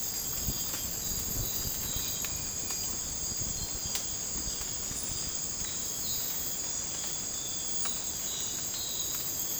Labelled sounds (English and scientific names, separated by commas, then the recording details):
none
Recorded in dense forest near Puerto Asís, Putumayo, Colombia, on 21 December 2024 at 03:30
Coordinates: 0.481, -76.323
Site G100